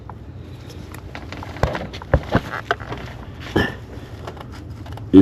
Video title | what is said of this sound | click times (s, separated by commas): 2005 through 2010 Honda Odyssey VTEC tuneup/regular 3.5 Tune Up | not going to hear on the camera but I felt a slight click I heard a little click | 2.7 s